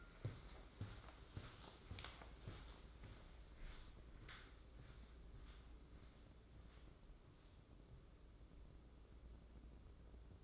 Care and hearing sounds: daily activity, microphone in the room; walk to room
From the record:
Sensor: 3

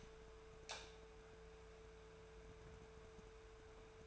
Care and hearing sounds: daily activity, microphone in the room; light on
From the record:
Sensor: 2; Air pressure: 1014.6 hPa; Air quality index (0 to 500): 186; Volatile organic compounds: 14 ppm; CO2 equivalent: 2456 ppm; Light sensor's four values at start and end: 16/39/16/18 and 29/77/32/34

